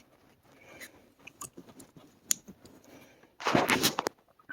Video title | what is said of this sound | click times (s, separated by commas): 2014 Jetta TDI EGT1 Bank 1 Sensor Replacement | I don't know if you heard the satisfying little click noise | 2.3 s